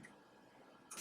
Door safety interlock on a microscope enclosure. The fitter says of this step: you hear this click